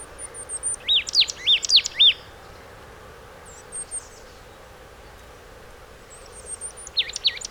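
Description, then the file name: Marsh tit giving a short series of sharp, high notes, then a long quieter gap with faint high calls, and a final brief burst. "Poecile palustris"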